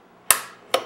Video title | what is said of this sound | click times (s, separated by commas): WAINSCOTING & PANELING: PROGRAM 7, PART 1, with Gary Katz | it just snaps into place and locks back on to the carriage | 0.3 s